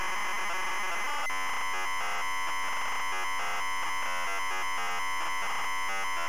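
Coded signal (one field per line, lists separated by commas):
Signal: ZX Spectrum tape loading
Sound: harsh buzzing square-wave tones with strong harmonics, rapidly switching pitch in irregular chunks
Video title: ZX SPECTRUM Loading Cobra Ocean Software Ltd 1987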